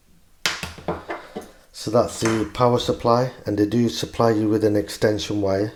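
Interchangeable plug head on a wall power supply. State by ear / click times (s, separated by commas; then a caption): released / 0.5 s. With the release button pressed, the interchangeable plastic plug head is slid back down and pulled apart from the wall power supply of an Apeman IB81 outdoor Wi-Fi security CCTV camera. A sharp, loud pop comes at 0.5 s as the plug head comes off, followed by a few lighter knocks before someone talks. The plug head is released from the power supply.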